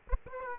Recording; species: mosquito wingbeat signal from an infrared sensor; Aedes aegypti